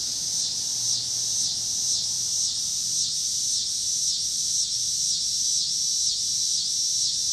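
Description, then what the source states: Cicadas in a loud, high, pulsing chorus, the buzz rising and falling about twice a second throughout, with a low hum below. Recorded in Pittsburgh, Pennsylvania, on 26 August 2023, together with passing cars.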